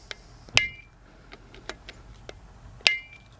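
A torque wrench tightens the remaining scope ring screws to the inch-pound setting, with faint small ticks and taps between strokes. The wrench gives two loud, sharp metallic clicks at 0.6 s and 2.9 s as each screw reaches the set torque, confirming it is tightened.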